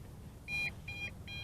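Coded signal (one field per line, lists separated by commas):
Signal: beep code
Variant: quadcopter transmitter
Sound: three short high-pitched electronic beeps, evenly spaced, about 0.4 s apart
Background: low background hum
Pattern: 3 short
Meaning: The transmitter's battery voltage is low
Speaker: I'm also in low voltage now. See, there you go, 3 beeps.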